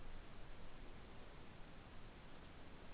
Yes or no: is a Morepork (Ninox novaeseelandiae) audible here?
no